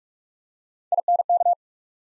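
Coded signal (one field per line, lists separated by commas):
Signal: Morse code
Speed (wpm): 44 wpm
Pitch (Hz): 700 Hz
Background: none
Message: I N K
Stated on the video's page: Morse practice at 45 wpm building three-letter words one letter at a time, for instant character recognition.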